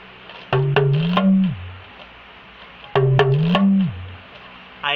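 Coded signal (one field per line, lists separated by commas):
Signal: talking drum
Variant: Yoruba dùndún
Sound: two identical phrases of about three low drum strokes, pitch bending upward then falling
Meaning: I am great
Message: i am great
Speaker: for example let me say you want to say something like i am great i am great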